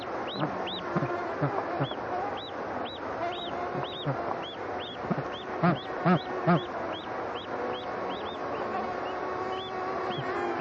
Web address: wroblowe ptaki anser indicus